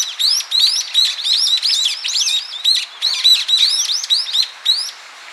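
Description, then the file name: Brown-eared bulbul producing busy, strident squeaks and high ticks in irregular bursts, fading at the finish. "Ixos amaurotis"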